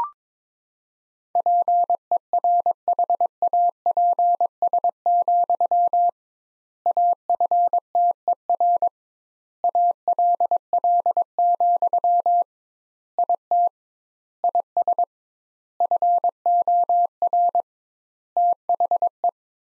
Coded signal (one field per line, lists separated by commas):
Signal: Morse code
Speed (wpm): 22 wpm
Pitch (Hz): 700 Hz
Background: none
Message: PERHAPS, AFTER ALL, IT IS FOR THE